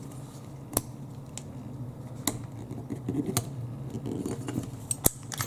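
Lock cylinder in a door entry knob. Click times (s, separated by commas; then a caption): 5.1 s. A metal lock cylinder with a broken key is worked loose inside a Kwikset door entry knob, with sharp metallic clicks and taps at about 0.8, 2.3, 3.4 and 4.9 seconds over a low steady hum. At 5.1 seconds the cylinder pops free of the knob with a sharp metallic pop, and it is released.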